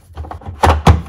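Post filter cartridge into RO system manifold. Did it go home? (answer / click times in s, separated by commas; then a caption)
yes / 0.6 s, 0.9 s. The lower post filter cartridge of a reverse osmosis system is pushed into its plastic manifold housing, and after a few faint knocks two loud thunks ring out at 0.6 and 0.9 seconds. The cartridge clicks and seats in place.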